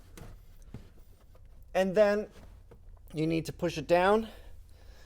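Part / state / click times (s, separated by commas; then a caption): driver floor mat into car footwell / not seated / none. A rubber all-weather floor mat for the driver's footwell of a Fisker Ocean One is slid in at an angle under the pedals and lined up before being pushed down onto the clips. Someone talks over faint handling sounds, with small soft knocks near 0.2 and 0.7 seconds. Nothing has seated or clicked yet.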